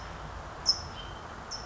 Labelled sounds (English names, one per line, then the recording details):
California Towhee
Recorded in Sonoma County, California